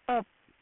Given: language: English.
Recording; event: throat vibration sensor signal played as sound; speech